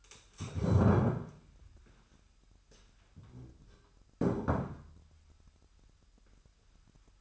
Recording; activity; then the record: daily activity, microphone in the room; stand up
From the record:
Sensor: 2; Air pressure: 998.4 hPa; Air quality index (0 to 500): 129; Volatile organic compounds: 3 ppm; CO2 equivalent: 1456 ppm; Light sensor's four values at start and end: 9/22/9/10 and 10/24/10/11